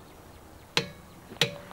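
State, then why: Torque reached. With the car lowered, a lug nut on a wheel stud is tightened with a torque wrench until it clicks at its setting. Two sharp clicks ring out at 0.8 s and 1.4 s over a quiet background, with faint ticks just before and after the second. The lug nut is tightened to torque.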